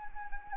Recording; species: mosquito wingbeat signal from an infrared sensor; Anopheles arabiensis